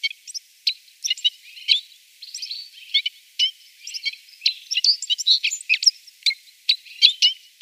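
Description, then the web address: Citril finch singing a loose series of thin, high chirps and short twittering notes, uneven in rhythm. "Schulze Peter Citril Finch song"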